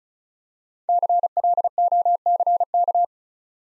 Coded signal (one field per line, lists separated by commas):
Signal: Morse code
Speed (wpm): 36 wpm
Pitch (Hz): 700 Hz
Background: none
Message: CLOCK